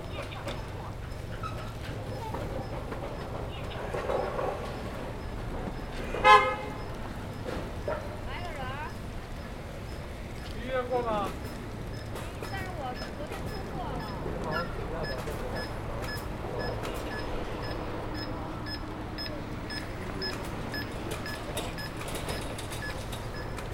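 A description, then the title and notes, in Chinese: Waiting by Peking University's south gate, a steady city hum of traffic fills the background, low and continuous. Voices of passersby come and go, with a short sharp burst around six seconds and another near eleven. Faint chirps and clicks flicker throughout. 仿佛在北大南门等人｜城市声音。气温在1度左右。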